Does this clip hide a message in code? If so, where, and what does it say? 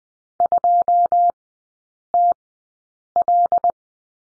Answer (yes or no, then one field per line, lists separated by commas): yes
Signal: Morse code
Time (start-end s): 0.4-3.7 s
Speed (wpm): 20 wpm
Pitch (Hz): 700 Hz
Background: none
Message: 2TL